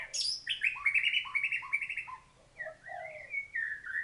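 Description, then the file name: White-rumped shama song: rich varied whistled phrases sliding between low and high notes, with brief pauses and a short quiet gap midway. Thailand. "suara murai thailand"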